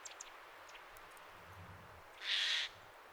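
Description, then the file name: Eurasian jay giving one harsh, raspy screech lasting about half a second near the end, after a few faint ticks and a quiet stretch. "Garrulus glandarius"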